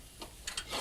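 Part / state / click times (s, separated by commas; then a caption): front leg into the base socket of a material lift / not seated / none. The metal front leg of a Genie material lift is handled in its base socket while the spring locking pin on the back of the socket is pulled so the leg can lock into place. Faint light ticks sound at about 0.2, 0.5 and 0.6 seconds, followed by a sudden loud, bright burst right at the end. Nothing has seated or clicked yet.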